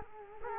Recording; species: mosquito wingbeat signal from an infrared sensor; Culex quinquefasciatus